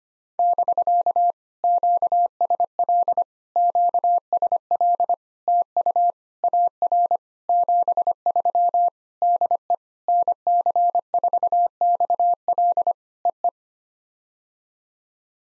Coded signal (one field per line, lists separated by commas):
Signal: Morse code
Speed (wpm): 22 wpm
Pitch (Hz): 700 Hz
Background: none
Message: <BK> QSL QSL TU AR 73 DE NC4XL EE